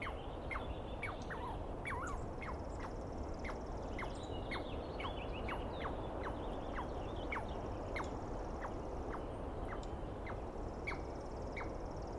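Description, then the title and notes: Douglas squirrel calling with many sharp descending notes in rapid series over a steady low rumble. Dawn, morning of 21 April 2017, East Cascades; one squirrel screaming for a good while, startling the recordist; identified by its sound without a clear look. "Interview With The Chipmunk. On the morning of 21 April, 2017, I set up my microphones and recorder for a nice dawn recording in the East Cascades. I was started awake by a screaming Douglas Pine Squirrel"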